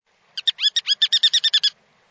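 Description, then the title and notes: Ruddy turnstone producing a quick, high-pitched chattering series of a dozen clipped notes lasting just over a second. "The post Ruddy Turnstone appeared first on Laura Meyers Photograpy"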